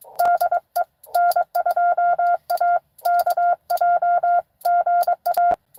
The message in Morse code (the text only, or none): DE N2AKJ GA